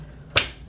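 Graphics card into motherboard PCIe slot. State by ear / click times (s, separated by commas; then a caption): seated / 0.4 s. An RTX 5070 graphics card is aligned with a motherboard PCIe slot and pushed in until the slot's retention latch clicks. A single sharp, bright click sounds at 0.4 s over a quiet background. The card is confirmed seated in the slot.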